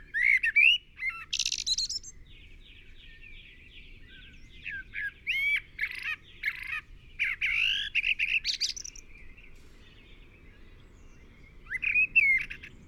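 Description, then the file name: Common blackbird song: fluty whistles and a long run of chattering, scratchy twitters, then quiet before another whistled phrase; faint high bird notes behind. "Turdus merula"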